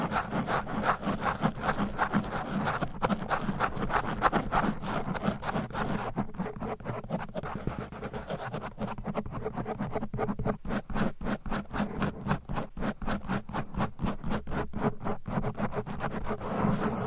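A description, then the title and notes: Fast, aggressive scratching on a microphone, dense, with rapid rhythmic strokes throughout. A rumbling low texture runs underneath; after about six seconds the scratches become sharper, more separated clicks and taps, repeating several times a second until the end. ASMR Fast & Aggressive Mic Scratching with 10 DIFFERENT MICS Covers & Nails No Talking.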